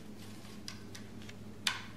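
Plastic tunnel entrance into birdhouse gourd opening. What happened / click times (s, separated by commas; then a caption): The plastic entrance piece snapped into place / 1.7 s. A plastic tunnel entrance piece with a step ladder is pushed into the neck of a plastic purple martin gourd, and it seats with a loud, sharp snap at 1.7 s. Before that, a few faint ticks sound around 0.7, 1.0 and 1.3 s over a low steady hum. No one talks.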